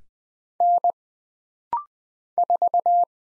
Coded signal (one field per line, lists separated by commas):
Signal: Morse code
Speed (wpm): 20 wpm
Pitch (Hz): 700 Hz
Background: none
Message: N 4